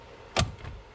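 A steering angle sensor and clock spring assembly for a 2022+ Honda Civic is lined up straight on the steering column and pushed down until it snaps into place. A single sharp snap is heard at 0.4 s, followed by a faint, fading rattle. The assembly is seated on the column.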